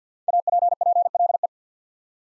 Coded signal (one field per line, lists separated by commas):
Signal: Morse code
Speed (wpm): 50 wpm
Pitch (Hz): 700 Hz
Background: none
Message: APPLE